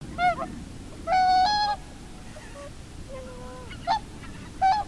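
Whooper swan calls, a few separate trumpeting honks, one longer drawn-out note, and softer sliding calls between them.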